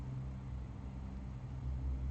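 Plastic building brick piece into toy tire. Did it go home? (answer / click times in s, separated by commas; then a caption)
no / none. A plastic Lego piece is being pressed into a plastic toy tire, heard as steady low-frequency rumble and handling noise with no distinct sharp hits. Nothing has seated or clicked yet.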